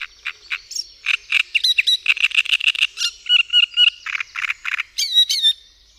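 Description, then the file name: Great reed warbler song, a long run of harsh grating and croaking notes mixed with squeaky whistled phrases, delivered rapidly and unevenly. "Trzciniak"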